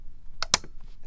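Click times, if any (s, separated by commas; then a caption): 0.4 s, 0.5 s. The ratchet clamp of a BERNINA Large Freearm Embroidery Hoop is tightened over thick canvas and stabilizer on a canvas tote bag. Two sharp ratchet clicks sound at 0.4 s and 0.5 s, followed by a much fainter tick near 0.8 s. The hoop's ratchet clicks closed and the clamp is seated.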